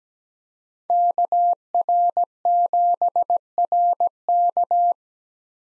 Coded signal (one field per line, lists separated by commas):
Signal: Morse code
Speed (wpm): 17 wpm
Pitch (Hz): 700 Hz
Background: none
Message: KR7RK